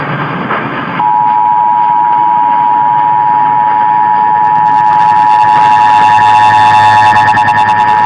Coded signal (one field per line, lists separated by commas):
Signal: Emergency Alert System (SAME) tones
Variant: 853 and 960 Hz attention tone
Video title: Virginia RMT on WRVA (2/7/22)(EAS 1077)